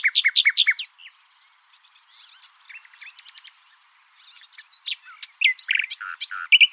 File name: Luscinia megarhynchos